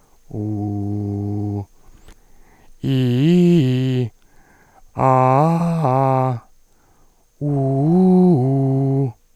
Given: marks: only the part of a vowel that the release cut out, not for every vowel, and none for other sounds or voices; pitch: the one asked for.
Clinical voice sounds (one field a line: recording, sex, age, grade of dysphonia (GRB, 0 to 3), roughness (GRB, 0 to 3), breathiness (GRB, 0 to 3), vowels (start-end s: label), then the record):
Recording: sustained vowels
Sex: male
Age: 30 to 39 years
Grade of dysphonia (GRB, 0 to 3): 2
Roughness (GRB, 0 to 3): 2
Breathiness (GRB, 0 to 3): 1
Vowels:
0.41-1.56 s: vowel /u/, low pitch
2.91-4.00 s: vowel /i/, low-high-low pitch
5.05-6.28 s: vowel /a/, low-high-low pitch
7.48-8.97 s: vowel /u/, low-high-low pitch
From the record:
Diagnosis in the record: recurrent laryngeal nerve paralysis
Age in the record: 32 years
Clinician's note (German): Idiopatisch; mit inkompletter Kompensation